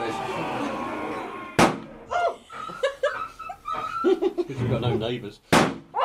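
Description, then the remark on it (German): Two sharp, loud gunshots ring out several seconds apart as Perkins the butler shoots the Hound of the Baskervilles on the terrace in a Sherlock Holmes story, with voices and laughter-like sounds filling the gaps between them. “Perkins, der Butler, hat den Hund der Baskervilles erschossen.”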